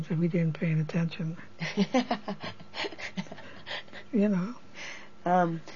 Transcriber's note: laughs